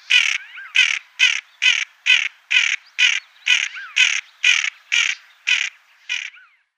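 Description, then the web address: Common pochard giving a steady series of about thirteen harsh, grating rasps, roughly two per second, with faint squeaky notes between. Females. "Schulze Peter Common Pochard females"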